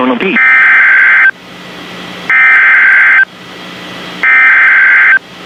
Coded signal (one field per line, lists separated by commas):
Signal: Emergency Alert System (SAME) tones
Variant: header bursts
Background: speech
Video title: Special Marine Warning | EAS #564